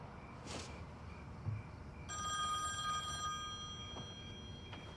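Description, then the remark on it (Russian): An old-style telephone bell starts ringing partway through, a bright, shimmering metallic trill that holds for over a second, then fades over a steady low background rumble, in a film scene as Davy goes to the phone. “Дэви подходит к телефону.”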